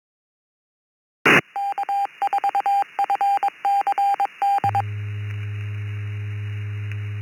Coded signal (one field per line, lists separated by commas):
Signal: Morse code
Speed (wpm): 22 wpm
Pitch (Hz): 800 Hz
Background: none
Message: K4FCD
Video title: SWL Amateur Radio News Line on ECR 2025 08 06 22 00 12